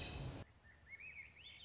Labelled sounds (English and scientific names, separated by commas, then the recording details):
Swainson's Thrush (Catharus ustulatus)
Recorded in Sonoma County, California